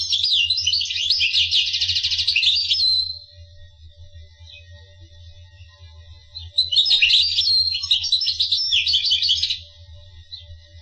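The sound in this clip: Finch song: a long high twittering phrase of rapid buzzy notes for three seconds, a pause, then a second similar phrase, over a steady low hum.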